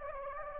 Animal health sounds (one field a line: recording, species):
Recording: mosquito wingbeat signal from an infrared sensor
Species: Anopheles gambiae